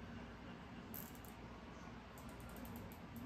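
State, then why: Seated. A plastic zip tie holding plastic yard card stakes together is pulled tight with the thumb, ratcheting through its locking head. Sharp ratchet clicks sound at 1.0 s and 1.3 s over a steady low background, with fainter high ticks continuing later. The tie ratchets tight and is seated, tightened until no more clicks can be heard.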